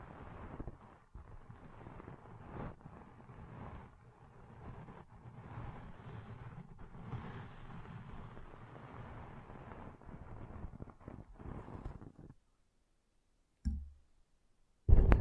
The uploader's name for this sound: Deep 3D Ear Cleaning Intense & Realistic